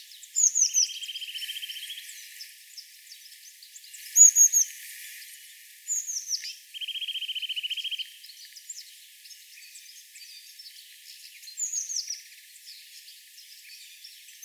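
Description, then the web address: Eurasian blue tit giving thin, high downslurred notes followed by a buzzy, even trill, the pattern given twice, with further high notes and faint chips around. "SETE data Cyanistes caeruleus"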